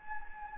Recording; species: mosquito wingbeat signal from an infrared sensor; Anopheles gambiae